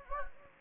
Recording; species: mosquito wingbeat signal from an infrared sensor; Anopheles gambiae